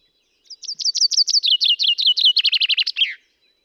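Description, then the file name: Common chaffinch singing one rattling phrase of high, quick notes descending step by step into a terminal flourish, with otherwise silent background. "Fringilla coelebs"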